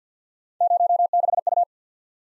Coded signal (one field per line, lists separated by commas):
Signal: Morse code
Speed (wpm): 47 wpm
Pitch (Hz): 700 Hz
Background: none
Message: 06U